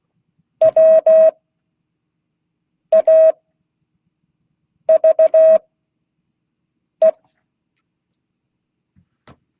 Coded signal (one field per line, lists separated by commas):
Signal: Morse code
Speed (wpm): 16 wpm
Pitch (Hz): 640 Hz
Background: none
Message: WAVE